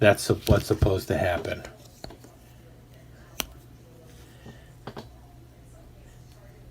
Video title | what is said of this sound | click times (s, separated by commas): Rough Ryder New Gen StoneWorx Part 6: RR2401 Muskrat | did you hear any snap nope | none